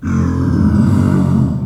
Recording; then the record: squeal of a Yucatan mini pig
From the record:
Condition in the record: after surgery on the right vocal fold (resection and tissue-engineered implant); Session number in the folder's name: 13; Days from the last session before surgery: 113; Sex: female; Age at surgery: 19 weeks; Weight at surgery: 25 kg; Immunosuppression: prednisolone